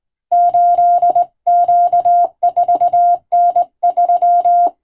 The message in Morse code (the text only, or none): 8Q4N3